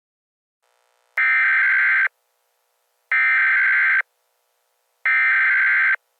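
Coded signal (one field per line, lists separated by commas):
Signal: Emergency Alert System (SAME) tones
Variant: header bursts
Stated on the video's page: Fictional alert tones ending an EAS scenario.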